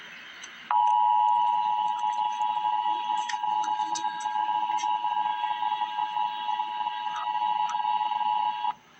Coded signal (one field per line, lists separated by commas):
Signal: Emergency Alert System (SAME) tones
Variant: 853 and 960 Hz attention tone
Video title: EAS Update - Winter Weather Advisory - Feb 12, 2025 at 1:28 PM EST